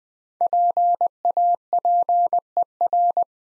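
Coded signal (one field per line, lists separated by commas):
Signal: Morse code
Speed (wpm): 20 wpm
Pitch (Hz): 700 Hz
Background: none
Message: PAPER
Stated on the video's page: Morse practice of difficult words at 20 wpm with contextual hints.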